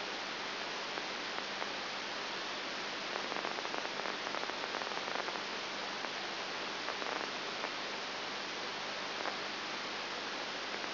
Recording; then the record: brain microelectrode recording played as sound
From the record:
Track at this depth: inside the subthalamic nucleus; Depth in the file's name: 1.105 mm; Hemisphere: left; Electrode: 3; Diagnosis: Parkinson's disease